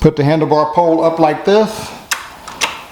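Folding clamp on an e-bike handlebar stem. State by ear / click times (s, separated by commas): seated / 2.1 s, 2.6 s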